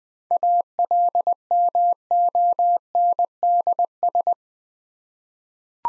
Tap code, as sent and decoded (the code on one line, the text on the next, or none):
none